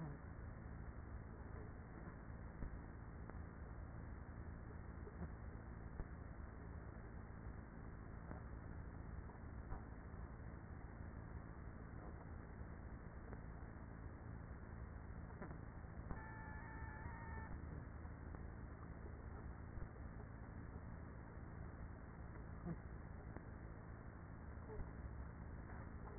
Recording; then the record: honeybee colony, microphone inside the hive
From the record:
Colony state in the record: queenless with a low population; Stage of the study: after two queens were removed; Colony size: about 30,000 bees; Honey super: no